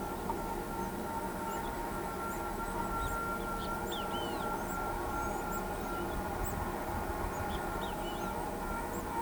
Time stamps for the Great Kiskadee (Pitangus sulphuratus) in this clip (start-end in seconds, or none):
3.90-4.47